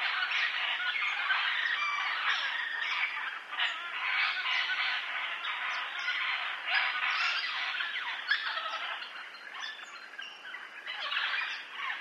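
Parrot squawking continuously, coarse, rasping calls throughout with no clear pauses.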